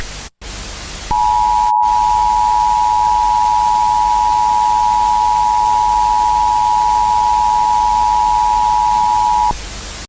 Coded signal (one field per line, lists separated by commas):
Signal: Emergency Alert System (SAME) tones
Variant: 853 and 960 Hz attention tone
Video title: EAS tornado warning 2nd revamp (FAKE DONT USE AS REAL.)